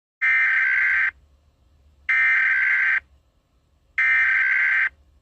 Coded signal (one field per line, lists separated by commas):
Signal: Emergency Alert System (SAME) tones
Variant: header bursts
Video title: EAS SCENARIO 12: Godzilla Barney Attack